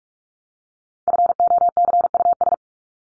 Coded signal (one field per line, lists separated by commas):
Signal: Morse code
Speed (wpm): 44 wpm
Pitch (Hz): 700 Hz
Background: none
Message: FOCUS